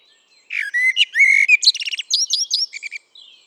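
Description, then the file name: Common blackbird song: a few fluting whistled notes, then a rapid high, squeaky twittering flourish to close the phrase. "Turdus merula"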